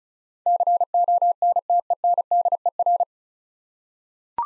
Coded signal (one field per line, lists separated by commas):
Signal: Morse code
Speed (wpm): 36 wpm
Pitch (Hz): 700 Hz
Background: none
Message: CONTENDER